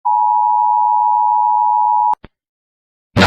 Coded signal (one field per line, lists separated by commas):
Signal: Emergency Alert System (SAME) tones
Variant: 853 and 960 Hz attention tone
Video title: Egypt eas alarm